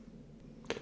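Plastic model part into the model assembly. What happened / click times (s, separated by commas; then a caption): The plastic part snapped into place / 0.7 s. A badly fitted plastic part of a model kit from the Alien collection, issues 70 to 73, is re-fitted into the model assembly. After a faint tick at 0.7 s, a sharp snap at 0.7 s shows the part seating home. No one talks in the clip.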